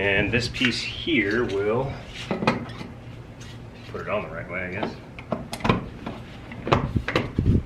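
Someone talks while handling the mounting piece of a Stoke Voltaics E-Kite C1 home EV charger (J1772 and Tesla), turning it the right way round to fit onto its wall mount. Short hard knocks and rattles come through near the end of the clip. The piece has not yet clicked into place or seated by the end.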